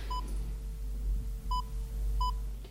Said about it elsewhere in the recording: It is as if your heartbeat was playing a sound. So what we're measuring here is my heartbeat playing sounds back to my ears, that are in accordance with my heart. And I'm obviously conscious, I'm not asleep. How can scientists use synchronised heart rhythms to predict which comatose patients are likely to wake up?